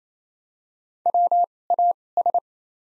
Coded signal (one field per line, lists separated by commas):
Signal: Morse code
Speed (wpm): 28 wpm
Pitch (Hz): 700 Hz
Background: none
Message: W A S